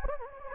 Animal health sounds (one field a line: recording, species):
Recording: mosquito wingbeat signal from an infrared sensor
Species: Anopheles gambiae